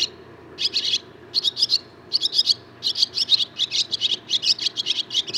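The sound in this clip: Barn swallow song: quick, scratchy, high-pitched twittering notes in short clusters separated by brief gaps.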